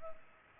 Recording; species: mosquito wingbeat signal from an infrared sensor; Culex pipiens